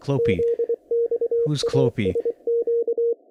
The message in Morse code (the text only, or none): ZXASQ